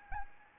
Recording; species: mosquito wingbeat signal from an infrared sensor; Anopheles gambiae